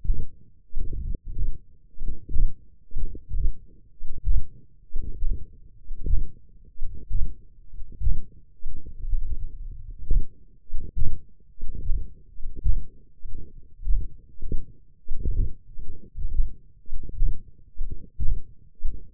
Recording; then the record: forearm muscle sounds (acoustic myography)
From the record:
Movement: hand opening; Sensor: system 1, eight BSWA MPA416 microphones around the upper forearm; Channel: 3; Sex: male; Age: 21 years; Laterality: right